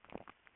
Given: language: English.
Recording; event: throat vibration sensor signal played as sound; swallow